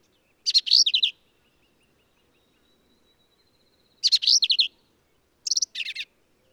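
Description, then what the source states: Black-capped vireo song: an energetic chattering phrase, a long pause, then a similar phrase followed quickly by a shorter squeaky one. Male, believed same individual throughout; endangered per U.S. Fish and Wildlife Service; phrases sung alone, truncated, embellished or run together, lively and emphatic; Kerr Wildlife Management Area, Hunt, Texas hill country.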